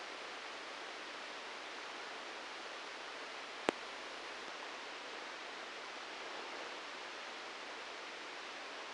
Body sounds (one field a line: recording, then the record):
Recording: brain microelectrode recording played as sound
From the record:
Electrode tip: outside the subthalamic nucleus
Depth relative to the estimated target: 6 mm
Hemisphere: right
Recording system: NeuroSet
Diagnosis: Parkinson's disease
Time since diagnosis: 9 years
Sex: male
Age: 56 years